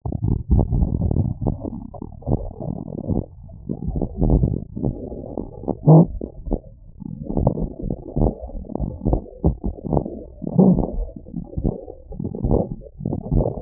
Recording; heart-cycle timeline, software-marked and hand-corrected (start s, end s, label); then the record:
heart sounds
not marked
From the record:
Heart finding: normal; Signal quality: poor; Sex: male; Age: 88 years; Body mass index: 20.3